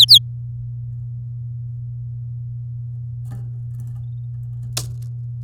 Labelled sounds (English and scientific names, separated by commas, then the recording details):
Domestic Canary (Serinus canaria) song
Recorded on 10 May 2018 at 13:03
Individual llb16